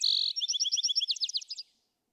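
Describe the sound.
Vesper sparrow song ending: a short buzzy note, then a fast, slightly jumbled trill of high chips that fades out.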